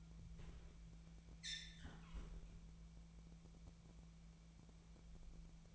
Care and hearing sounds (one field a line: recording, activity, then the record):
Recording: daily activity, microphone in the room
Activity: close fridge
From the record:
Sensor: 1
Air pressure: 1000.0 hPa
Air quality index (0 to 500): 136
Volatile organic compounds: 2 ppm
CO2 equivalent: 1280 ppm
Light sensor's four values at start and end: 35/87/37/45 and 35/87/37/45